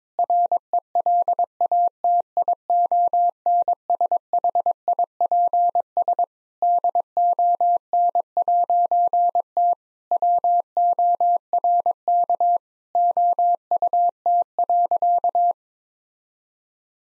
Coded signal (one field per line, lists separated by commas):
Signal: Morse code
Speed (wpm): 22 wpm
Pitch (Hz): 700 Hz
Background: none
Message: RELATIONSHIPS DON'T WORK OUT.